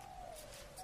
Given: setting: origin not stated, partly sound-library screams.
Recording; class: one-second piece from a danger detection set; normal situation